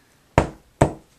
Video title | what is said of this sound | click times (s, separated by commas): Soldering EC5 Connectors and ESC Leads - Chris Reibert | push it down side to connect get something long to push it in and you'll hear a click all right | 0.4 s, 0.8 s